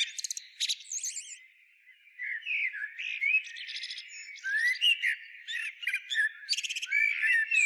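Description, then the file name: Eurasian blackbird song with rich whistled phrases between bursts of shrill, rapid twittering; a quiet gap early, then steady singing to the end. "Turdus merula"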